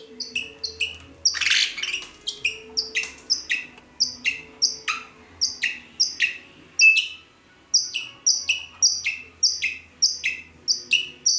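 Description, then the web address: Red-rumped parrot giving a long series of sharp, high, downward-sliding chirps, about three per second, with one harsh rasping burst early on and a faint low hum beneath. "pevcii popugai. psephotus haematonotus"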